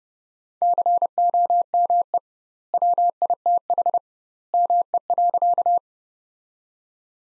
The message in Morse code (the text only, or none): COME WITH ME.